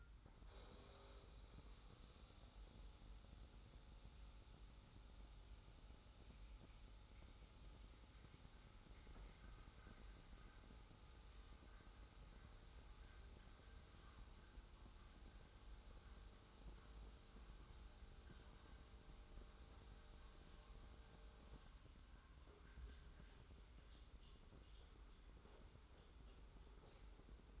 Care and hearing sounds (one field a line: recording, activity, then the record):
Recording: daily activity, microphone in the room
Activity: make coffee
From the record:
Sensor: 3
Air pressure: 990.8 hPa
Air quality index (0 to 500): 153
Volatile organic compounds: 574 ppm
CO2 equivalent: 4911 ppm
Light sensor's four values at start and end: 36/85/34/32 and 35/83/34/31